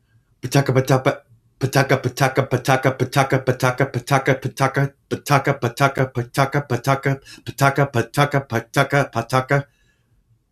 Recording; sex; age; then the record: repeated syllables /pa ta ka/; male; 40 to 49 years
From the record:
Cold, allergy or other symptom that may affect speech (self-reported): no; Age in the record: 48 years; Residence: Minnesota, United States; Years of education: 17